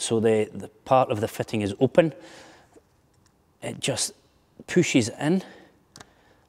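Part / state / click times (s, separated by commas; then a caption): pipe into push-fit plumbing fitting / seated / 6.0 s. A solar thermal pipe for a SolarisKit solar heating system with an indirect storage tank is pushed into an open push-fit plumbing fitting while someone talks. A sharp double tick at about 6.0 s and 6.0 s marks the pipe clicking past the grip ring, seating it in the fitting before it is turned to lock.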